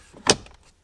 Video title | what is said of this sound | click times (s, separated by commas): Honda Civic Cabin Air Filter Replacement (2006-2011) | We'll push it in until it clicks, and then with the glove box, we're just gonna go ahead and lift it up and just push it | 0.3 s